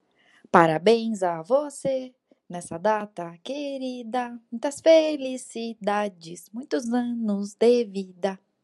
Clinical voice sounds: short text; Brazilian Portuguese; female; 20 to 29 years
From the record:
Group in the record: control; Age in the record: 29 years

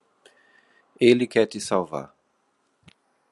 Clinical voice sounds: short text; Brazilian Portuguese; male; 30 to 39 years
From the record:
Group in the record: control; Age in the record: 35 years

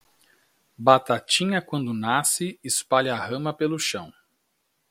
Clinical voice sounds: short text; Brazilian Portuguese; male; 30 to 39 years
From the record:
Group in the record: control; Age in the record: 39 years

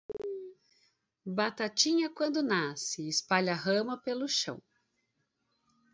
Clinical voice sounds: short text; Brazilian Portuguese; female; 40 to 49 years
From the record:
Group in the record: control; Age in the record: 46 years

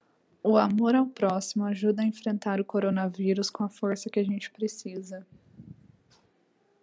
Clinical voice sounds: spoken sentence; Brazilian Portuguese; female; 20 to 29 years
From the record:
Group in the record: control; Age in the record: 26 years

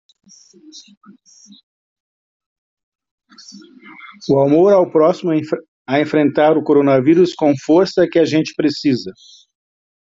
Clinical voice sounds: spoken sentence; Brazilian Portuguese; male; 50 to 59 years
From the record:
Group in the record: control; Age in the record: 56 years

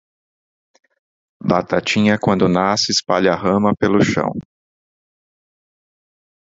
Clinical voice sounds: short text; Brazilian Portuguese; male; 40 to 49 years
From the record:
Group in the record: control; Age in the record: 47 years

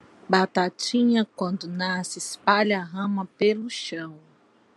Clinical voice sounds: short text; Brazilian Portuguese; female; 30 to 39 years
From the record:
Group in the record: control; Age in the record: 37 years

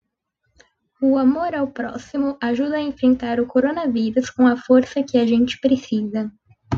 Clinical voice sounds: spoken sentence; Brazilian Portuguese; female; 18 to 19 years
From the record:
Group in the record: control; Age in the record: 19 years

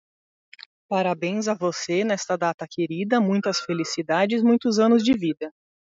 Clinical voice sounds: short text; Brazilian Portuguese; female; 40 to 49 years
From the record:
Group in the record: control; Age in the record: 40 years

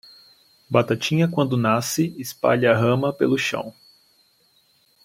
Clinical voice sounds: short text; Brazilian Portuguese; male; 20 to 29 years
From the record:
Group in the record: control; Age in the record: 24 years

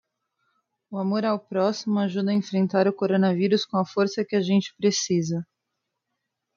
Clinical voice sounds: spoken sentence; Brazilian Portuguese; female; 30 to 39 years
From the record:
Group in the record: control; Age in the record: 39 years

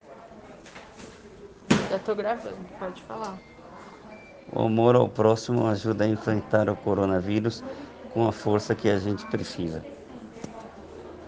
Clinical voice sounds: spoken sentence; Brazilian Portuguese; male; 40 to 49 years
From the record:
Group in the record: respiratory insufficiency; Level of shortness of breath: 5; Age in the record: 40 years

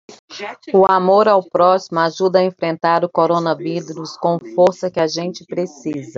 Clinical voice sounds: spoken sentence; Brazilian Portuguese; female; 40 to 49 years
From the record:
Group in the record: control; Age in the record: 45 years

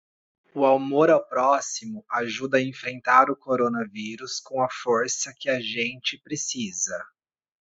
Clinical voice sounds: spoken sentence; Brazilian Portuguese; male; 30 to 39 years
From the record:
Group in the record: control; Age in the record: 32 years

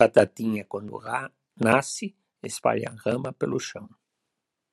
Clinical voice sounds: short text; Brazilian Portuguese; female; 70 to 79 years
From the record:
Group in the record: control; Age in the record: 70 years

